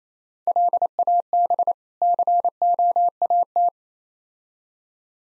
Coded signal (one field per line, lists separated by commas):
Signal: Morse code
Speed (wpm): 28 wpm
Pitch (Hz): 700 Hz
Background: none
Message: LAB COAT